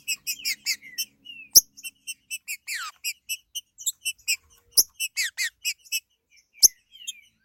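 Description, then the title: Green-winged saltator giving a fast series of short high chirps and a few descending slurred notes, interrupted by several sharp clicks. "Trinca Ferro"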